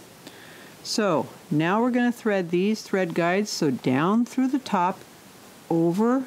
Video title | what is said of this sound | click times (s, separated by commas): Threading Instructions for the Janome 8002D Serger Overlock Sewing Machine | and it tends to lock into place when it's in the correct place okay | 0.3 s